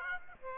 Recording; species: mosquito wingbeat signal from an infrared sensor; Aedes aegypti